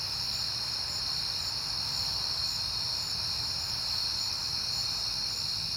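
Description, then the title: Crickets trilling in a dense, steady high chorus with a faint shimmering pulse, over a soft low rumble. Recorded outdoors on a peaceful night in September. "Night Time: Crickets and Passing Cars"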